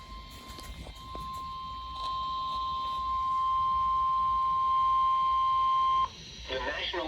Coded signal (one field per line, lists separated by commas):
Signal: Emergency Alert System (SAME) tones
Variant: 1050 Hz attention tone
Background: speech